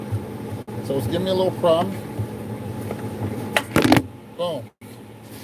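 During refrigerator cleaning and reassembly, a plastic refrigerator part is handled against the refrigerator interior while someone talks over a steady low hum. A burst of sharp handling knocks comes between about 3.6 and 4.0 seconds, but nothing has seated or clicked yet.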